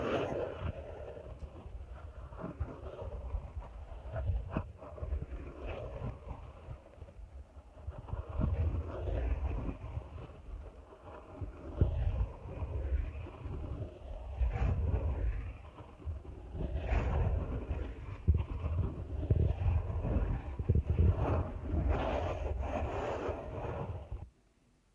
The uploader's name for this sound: ASMR Deep Ear Canal Massage